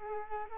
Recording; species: mosquito wingbeat signal from an infrared sensor; Culex quinquefasciatus